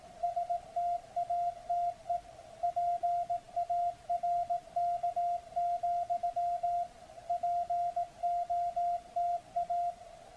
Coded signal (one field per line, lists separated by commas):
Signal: Morse code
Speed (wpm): 18 wpm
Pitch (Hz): 700 Hz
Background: none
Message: STATE PARK, POTA